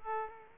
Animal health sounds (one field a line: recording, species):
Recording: mosquito wingbeat signal from an infrared sensor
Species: Aedes aegypti